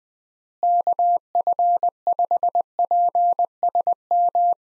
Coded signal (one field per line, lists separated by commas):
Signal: Morse code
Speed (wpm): 21 wpm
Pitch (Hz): 700 Hz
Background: none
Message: KF5PSM